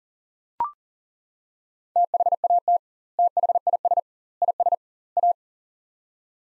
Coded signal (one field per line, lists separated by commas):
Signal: Morse code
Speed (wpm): 37 wpm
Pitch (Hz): 700 Hz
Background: none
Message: THAT THIS IS A